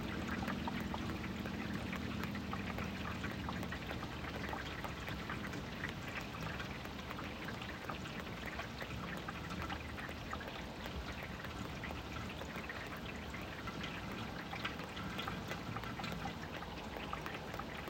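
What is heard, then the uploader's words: Gentle rain falls on a roof in a steady, dense patter, with countless small drops tapping at an even level throughout. A faint low hum sits underneath during the first few seconds, then fades, leaving only the continuous soft hiss and ticking of the rain. Gentle Night Rain. A gentle rain on the top of the roof.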